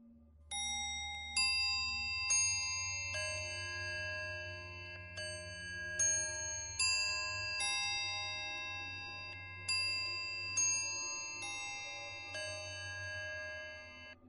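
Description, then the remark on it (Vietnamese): A clock bell strikes twelve, a series of bright, ringing strikes at a steady pace, each tone lingering and overlapping the next over a low steady hum, with no voices. “Tiếng chuông lại một lần nữa vang lên.”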